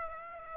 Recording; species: mosquito wingbeat signal from an infrared sensor; Aedes aegypti